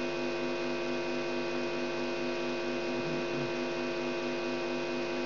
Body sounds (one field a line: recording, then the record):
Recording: brain microelectrode recording played as sound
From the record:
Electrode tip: outside the subthalamic nucleus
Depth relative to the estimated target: -8 mm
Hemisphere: left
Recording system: AlphaMap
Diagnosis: Parkinson's disease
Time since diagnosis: 17 years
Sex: female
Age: 63 years